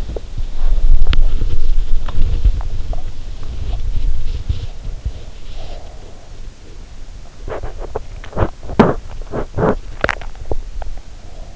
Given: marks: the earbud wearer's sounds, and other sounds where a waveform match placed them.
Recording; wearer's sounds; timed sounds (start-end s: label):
sounds in sleep by an in-ear microphone; body movement, breath, teeth grinding
0.00-6.94 s: body movement
3.09-6.07 s: breath
5.13-8.81 s: teeth grinding
8.24-11.56 s: breath